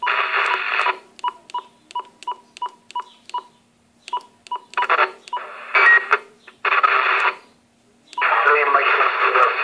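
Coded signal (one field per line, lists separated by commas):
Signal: packet radio (AX.25, as in APRS)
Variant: 1200 baud AFSK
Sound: about eight short chirpy data bursts, then three longer rasping data transmissions with clicks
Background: radio static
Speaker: a lot of the channels are busy this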